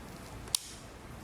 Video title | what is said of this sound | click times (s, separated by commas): Dynaudio Custom Install Speakers Overview: Performance & Studio Series | it has to click in place | 0.5 s